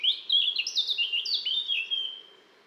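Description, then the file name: Eurasian blackcap song: a continuous rich, fluty warble of slurred whistled notes, strong at first and fading away toward the end. "Sylvia atricapilla"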